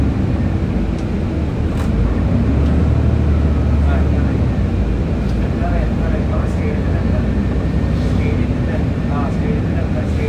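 A bus ride with a steady, heavy engine rumble that stays loud and even throughout. Voices murmur underneath, and short clicks and rattles break in every second or two, with a brief low surge of the engine around the third second.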